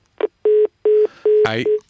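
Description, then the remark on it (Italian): A telephone line tone after a dropped call: a steady series of short, evenly spaced mid-pitched beeps, with a brief crackly burst of noise partway through. No one speaks. “Mi spiace che sia caduta la linea, può darsi che riusciamo a ripristinare il collegamento con questo signore.”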